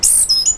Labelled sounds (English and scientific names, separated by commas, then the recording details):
Stitchbird (Notiomystis cincta) song
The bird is a male
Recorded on Tiritiri Matangi Island, New Zealand, in 2005
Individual 9, of nest box 11